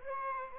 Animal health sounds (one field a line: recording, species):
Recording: mosquito wingbeat signal from an infrared sensor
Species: Aedes aegypti